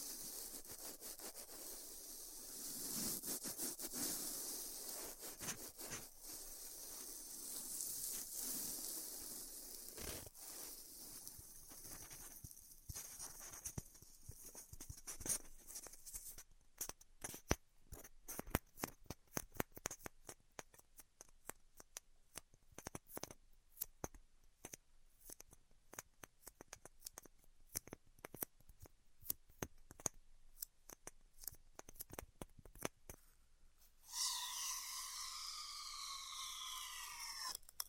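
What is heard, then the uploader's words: Styrofoam being heat cut, opening with a dense, bright hiss for about fifteen seconds. The hiss then breaks up into scattered sharp crackles and ticks. Around thirty-four seconds a wavering, squeaky whine with bending pitch takes over until the end. ASMR Styrofoam Heat Cutting (No Talking).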